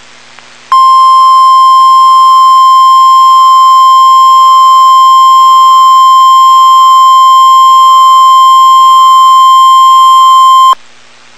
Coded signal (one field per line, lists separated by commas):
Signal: Emergency Alert System (SAME) tones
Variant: 1050 Hz attention tone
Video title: Tornado Warning (EAS #353)